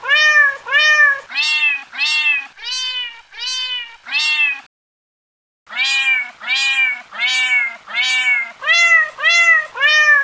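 Cat meowing repeatedly, loud harmonic meows roughly every half second to second, a brief pause near the middle, then the meows resume in the same steady run.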